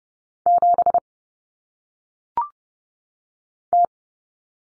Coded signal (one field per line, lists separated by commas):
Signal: Morse code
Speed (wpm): 30 wpm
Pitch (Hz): 700 Hz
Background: none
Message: 7 T